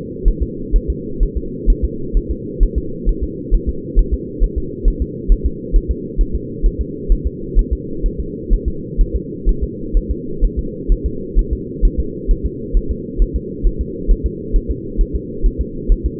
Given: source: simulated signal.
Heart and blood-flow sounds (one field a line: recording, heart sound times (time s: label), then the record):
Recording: fetal heart sounds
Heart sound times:
0.28 s: S1
0.43 s: S2
0.76 s: S1
0.90 s: S2
1.23 s: S1
1.38 s: S2
1.70 s: S1
1.84 s: S2
2.17 s: S1
2.31 s: S2
2.63 s: S1
2.78 s: S2
3.09 s: S1
3.24 s: S2
3.54 s: S1
3.69 s: S2
3.99 s: S1
4.14 s: S2
4.44 s: S1
4.58 s: S2
4.88 s: S1
5.02 s: S2
5.32 s: S1
5.46 s: S2
5.76 s: S1
5.91 s: S2
6.21 s: S1
6.35 s: S2
6.66 s: S1
6.81 s: S2
7.12 s: S1
7.27 s: S2
7.59 s: S1
7.73 s: S2
8.06 s: S1
8.20 s: S2
8.53 s: S1
8.68 s: S2
9.01 s: S1
9.16 s: S2
9.49 s: S1
9.64 s: S2
9.97 s: S1
10.11 s: S2
10.45 s: S1
10.59 s: S2
10.92 s: S1
11.06 s: S2
11.39 s: S1
11.53 s: S2
11.85 s: S1
12.00 s: S2
12.31 s: S1
12.46 s: S2
12.77 s: S1
12.91 s: S2
13.22 s: S1
13.36 s: S2
13.67 s: S1
13.81 s: S2
14.11 s: S1
14.26 s: S2
14.56 s: S1
14.71 s: S2
15.01 s: S1
15.16 s: S2
15.46 s: S1
15.61 s: S2
15.92 s: S1
16.06 s: S2
From the record:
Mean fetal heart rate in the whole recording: 130 bpm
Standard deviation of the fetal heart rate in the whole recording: 2 bpm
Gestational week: 38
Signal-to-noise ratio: -4.3 dB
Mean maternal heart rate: 72 bpm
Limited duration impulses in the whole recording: absent